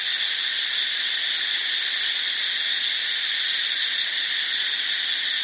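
Cricket chirping: a run of several crisp pulsed chirps, a pause of a couple of seconds, then a new run starting, over a continuous high hiss.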